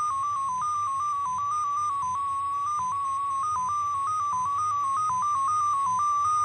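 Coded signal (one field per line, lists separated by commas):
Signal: numbers station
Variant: XPA2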